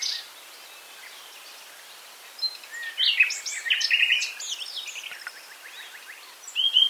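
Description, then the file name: Common nightingale song: a brief note and a quiet spell, then a burst of rapid chirps and whistled notes, a softer passage and a final loud phrase. "Luscinia megarhynchos"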